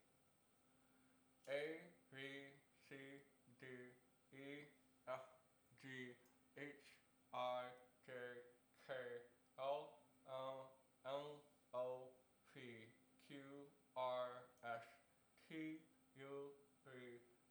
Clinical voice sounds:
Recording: letters of the alphabet, spoken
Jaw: constrained by a bite bar between the teeth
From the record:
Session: first day, right after the free take

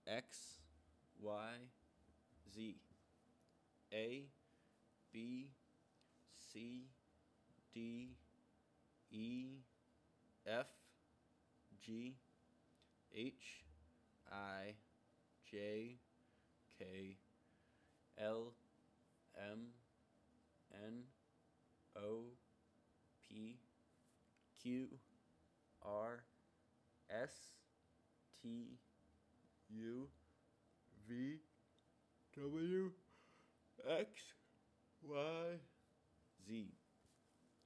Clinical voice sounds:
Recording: letters of the alphabet, spoken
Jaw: free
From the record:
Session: seven days later

